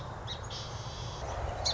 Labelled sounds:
Song Sparrow (Melospiza melodia)
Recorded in Sonoma County, California

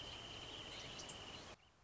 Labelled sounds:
Wrentit (Chamaea fasciata)
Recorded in Sonoma County, California

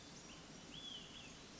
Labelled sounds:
Olive-sided Flycatcher (Contopus cooperi)
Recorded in Sonoma County, California

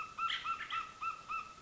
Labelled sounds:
American Robin (Turdus migratorius)
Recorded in Sonoma County, California

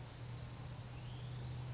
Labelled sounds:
Orange-crowned Warbler (Leiothlypis celata)
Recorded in Sonoma County, California

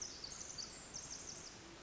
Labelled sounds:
Pacific Wren (Troglodytes pacificus)
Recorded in Sonoma County, California

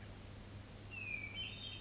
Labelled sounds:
Hermit Thrush (Catharus guttatus)
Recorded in Sonoma County, California

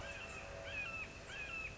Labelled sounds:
Red-shouldered Hawk (Buteo lineatus)
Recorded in Sonoma County, California

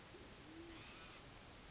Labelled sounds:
Band-tailed Pigeon (Patagioenas fasciata)
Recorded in Sonoma County, California

